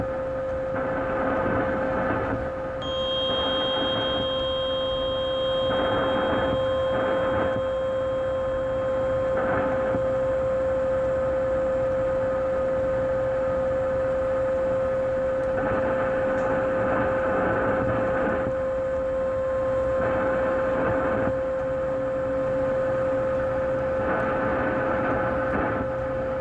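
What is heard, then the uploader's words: Radio frequency interference on 1620 AM: a steady, piercing tone holds throughout over a thick wash of static. Bursts of buzzy noise swell and fade every few seconds, and a few brighter whistling tones flicker in around three seconds. RF Radio Frequency Interference 1620AM.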